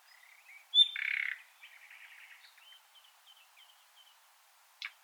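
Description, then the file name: Common nightingale song fragment: a sharp high note, then a short rapid buzzy trill, followed by faint scattered chirps and a brief high burst near the end. "Luscinia megarhynchos"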